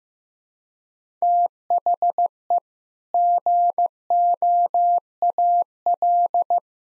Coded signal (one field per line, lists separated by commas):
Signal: Morse code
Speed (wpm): 15 wpm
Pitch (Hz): 700 Hz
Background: none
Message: THE GOAL